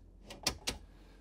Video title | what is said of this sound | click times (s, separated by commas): 2024 Newmar Supreme Aire 4530 (17N232001) | I like how that lcks into place so this is not going to be coming out as you're driving | 0.7 s